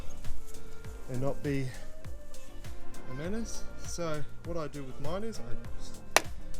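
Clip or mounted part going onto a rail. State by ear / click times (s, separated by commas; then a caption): seated / 6.2 s. Someone talks over background music while pushing a clip or mounted part onto a rail. A sharp, loud click sounds at 6.2 s as the part seats in place on the rail.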